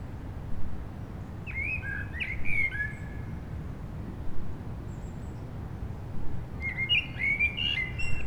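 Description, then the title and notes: Common blackbird giving two fluty song phrases, one early and one near the end, each closing with faint squeaky notes, over low urban traffic rumble. Several blackbirds singing after sunset on a mild winter day, eve of the winter solstice, on Rue Jacques Cartier, Aix-les-Bains, France, with urban traffic. "Rue Jacques Cartier, 73100 Aix-les-Bains, Auvergne-Rhône-Alpes, France - Merle du solstice. En cette douce journée les merles commencent à chanter après le coucher du soleil, passages d'avions, circulation urbaine demain c'est le solstice d'hiver"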